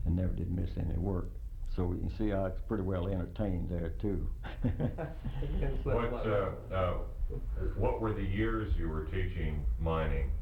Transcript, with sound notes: I never did miss any work. So, you can see how it’s pretty well entertained there, too. [laughter]
What were the years you were teaching mining?